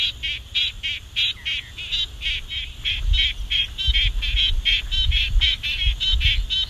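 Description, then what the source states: Squelching froglet giving rapid, pulsed squelchy calls repeated over and over, with low rumbling background noise. Recorded at Tatnup, Western Australia.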